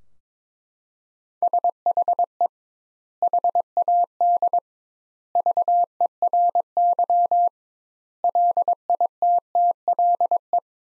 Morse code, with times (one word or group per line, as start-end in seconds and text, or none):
1.4-2.5 SHE
3.2-4.6 HAD
5.4-7.5 VERY
8.2-10.6 LITTLE